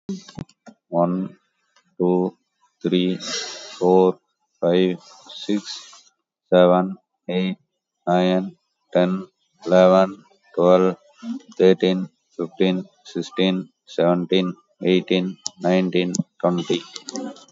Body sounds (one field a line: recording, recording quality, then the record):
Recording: counting at a normal pace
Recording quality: excellent, no background noise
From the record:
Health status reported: COVID-19 positive, moderate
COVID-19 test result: positive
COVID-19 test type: RT-PCR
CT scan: not taken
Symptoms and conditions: cough, cold, sore throat, fever, muscle pain, loss of smell and taste, diarrhoea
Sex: male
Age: 37 years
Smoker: no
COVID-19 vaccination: one dose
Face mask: worn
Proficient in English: yes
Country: India